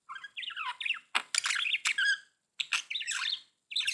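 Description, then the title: Budgerigar chatter: twittering warbled phrases mixed with scratchy clicks, in bursts separated by brief pauses. "Budgie Sounds"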